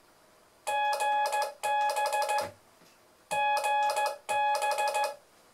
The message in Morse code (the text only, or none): GB GB